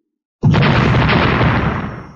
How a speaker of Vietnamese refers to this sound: Một trận thanh âm nổ thật to, càng thâm thúy vang hơn là cả vực ngoại không gian.